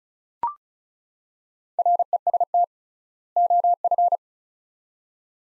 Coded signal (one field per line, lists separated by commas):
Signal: Morse code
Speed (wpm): 34 wpm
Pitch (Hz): 700 Hz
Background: none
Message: REST OF